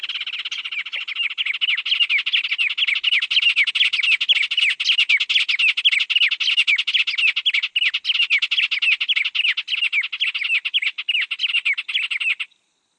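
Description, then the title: White-rumped tanager giving a long, fast run of high chirping notes, densely packed and steady for about twelve seconds, with no other sounds. Nominate subspecies hirundinacea. "LuckyPassaro Completos2Sama. White-rumped Tanager (Cypsnagra hirundinacea hirundinacea)"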